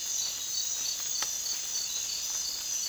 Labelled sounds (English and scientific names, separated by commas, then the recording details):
none
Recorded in dense forest near Puerto Asís, Putumayo, Colombia, on 25 June 2025 at 03:00
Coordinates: 0.466, -76.327
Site GP04